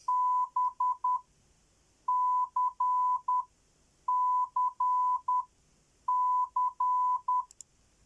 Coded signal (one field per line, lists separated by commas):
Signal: Morse code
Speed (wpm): 10 wpm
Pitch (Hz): 1000 Hz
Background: none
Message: B C C C